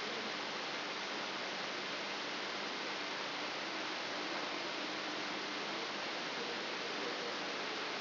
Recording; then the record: brain microelectrode recording played as sound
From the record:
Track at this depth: inside the subthalamic nucleus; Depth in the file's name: 3.902 mm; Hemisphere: left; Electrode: 3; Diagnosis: Parkinson's disease